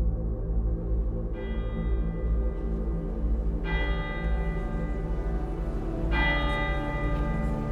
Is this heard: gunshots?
no